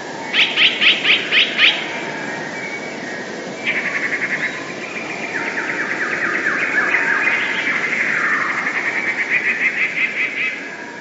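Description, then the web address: Passerine bird song: a quick series of buzzy notes, then several more varied phrases of repeated notes over constant background hiss. "wroblowe teka spiew"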